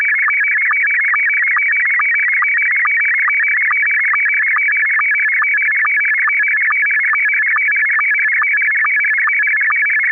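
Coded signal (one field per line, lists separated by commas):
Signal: SSTV (slow-scan television)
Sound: continuous warbling, buzzy tone with a rapid regular ticking pulse throughout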